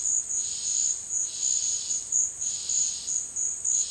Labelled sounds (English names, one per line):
none